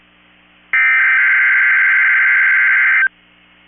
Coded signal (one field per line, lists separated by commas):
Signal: Emergency Alert System (SAME) tones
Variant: header bursts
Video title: 3/13/24 - KEC65 Required Weekly Test (EAS #1015)